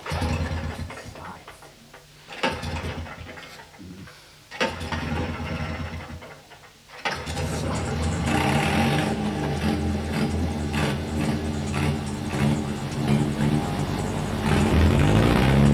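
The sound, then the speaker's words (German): An engine on a homemade vehicle with a wire frame and canvas wings cranks in a few stuttering bursts on a July morning in 1978, then catches and settles into a loud, steady rumbling idle before the revs climb higher toward the end. “Dann ließ er an einem schönen Vormittag im Juli 1978 den Motor an.”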